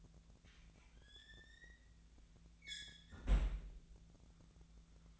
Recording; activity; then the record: daily activity, microphone in the room; close fridge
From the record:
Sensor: 3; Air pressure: 1009.6 hPa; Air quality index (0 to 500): 194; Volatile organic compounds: 16 ppm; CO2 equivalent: 2522 ppm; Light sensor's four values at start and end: 37/92/39/42 and 36/91/39/41